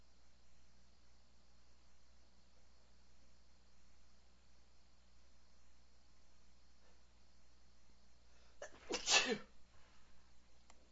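After several seconds of quiet room hiss, a brief intake of breath leads into a single sharp, explosive sneeze from an adult man. A few faint breaths follow it. This is a plain sneeze with no other sounds.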